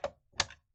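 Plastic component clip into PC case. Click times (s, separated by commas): 0.4 s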